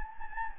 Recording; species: mosquito wingbeat signal from an infrared sensor; Anopheles gambiae